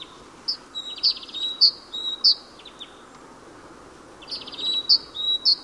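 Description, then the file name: Great tit calls: short high notes with brief buzzy rattles, given in two bursts separated by a quiet gap, over faint steady background hiss. "Parus major"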